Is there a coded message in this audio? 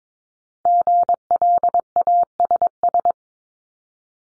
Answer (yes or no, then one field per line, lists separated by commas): yes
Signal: Morse code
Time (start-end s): 0.7-3.1 s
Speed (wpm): 22 wpm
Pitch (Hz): 700 Hz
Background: none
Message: GLASS